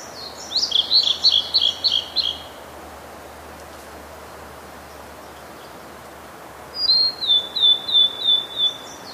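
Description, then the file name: Blue-and-white Flycatcher song. Two high-pitched phrases of quick repeated notes, each dropping in pitch toward the end, separated by roughly four seconds of quiet. "oruri"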